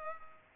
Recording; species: mosquito wingbeat signal from an infrared sensor; Culex pipiens